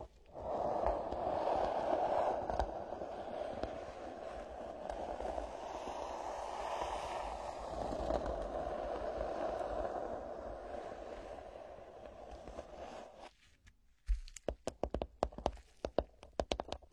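Ear scratching with no voice: a dense, steady scratchy rustle runs for about thirteen seconds, swelling slightly in the middle. It then stops abruptly, leaving a near-silent gap followed by a few sharp, scattered clicks and taps to the end.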